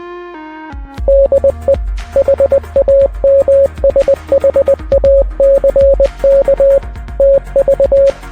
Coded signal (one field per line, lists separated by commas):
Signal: Morse code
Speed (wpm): 20 wpm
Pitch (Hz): 550 Hz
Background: music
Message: DE HAMSHACK TV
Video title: 🚀 Inside Yuma Hamfest 2025! The Biggest Ham Radio Event in the Southwest! 🎙️